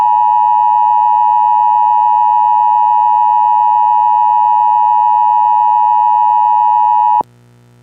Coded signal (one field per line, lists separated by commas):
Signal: Emergency Alert System (SAME) tones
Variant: 853 and 960 Hz attention tone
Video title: EAS Scenario #7 - World War III(Part One)